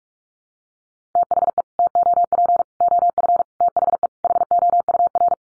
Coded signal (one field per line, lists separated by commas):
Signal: Morse code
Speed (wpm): 44 wpm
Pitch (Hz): 700 Hz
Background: none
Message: THE TOP OF THE HOUR